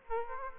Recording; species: mosquito wingbeat signal from an infrared sensor; Aedes aegypti